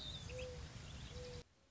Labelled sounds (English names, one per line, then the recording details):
Mourning Dove
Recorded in Sonoma County, California